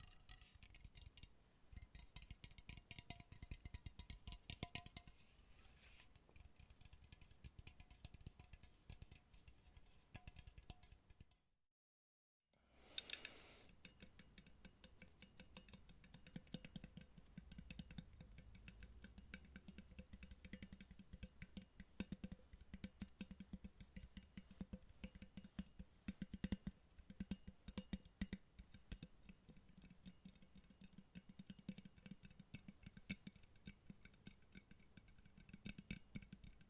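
Rapid, irregular tapping clicks run dense throughout over a low rumbling hum, broken by a brief full silence near twelve seconds.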